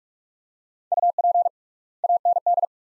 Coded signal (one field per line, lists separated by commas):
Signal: Morse code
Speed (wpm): 46 wpm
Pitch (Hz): 700 Hz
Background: none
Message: UP AND